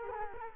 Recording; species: mosquito wingbeat signal from an infrared sensor; Culex quinquefasciatus